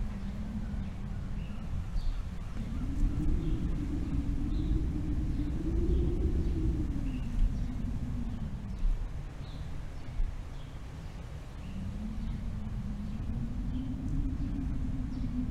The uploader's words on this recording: The Power and Beauty of Howling Winds. This audio track captures the intense and beautiful sound of winds as they sweep across open fields, mountains, and forests.